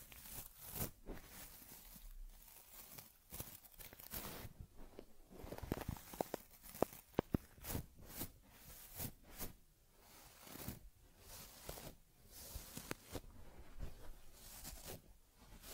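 A teddy bear gets a head massage and fur combing, with irregular bursts of soft rubbing, brushing and crinkling scratches throughout, occasionally sharper.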